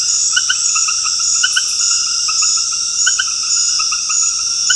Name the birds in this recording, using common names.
none